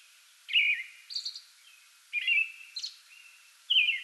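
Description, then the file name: American robin song: three warbled whistled phrases separated by pauses, the first two followed by a thin high note. Singing before dawn from a small tree in a front yard, 8 May 2022. "2022-05-08 American Robin pre-dawn singing from small tree in front yard"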